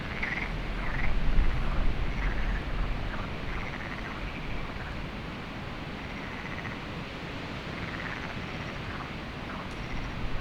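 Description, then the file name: Frog chorus of brief repeated notes, louder at first then softer, with continuous low wind noise throughout. Lagoa do Canário, windy conditions, binaural recording. "Lagoado Canario frogs wind web binaural"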